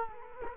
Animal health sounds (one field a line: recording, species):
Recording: mosquito wingbeat signal from an infrared sensor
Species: Culex quinquefasciatus